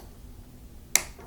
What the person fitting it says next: there we go snapped into place